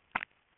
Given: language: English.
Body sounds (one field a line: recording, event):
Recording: throat vibration sensor signal played as sound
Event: swallow